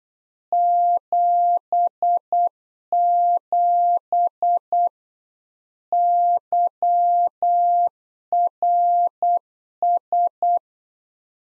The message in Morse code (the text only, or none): 77 YRS